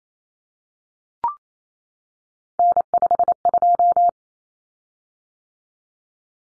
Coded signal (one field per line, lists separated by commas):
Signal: Morse code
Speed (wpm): 28 wpm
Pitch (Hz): 700 Hz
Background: none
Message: N52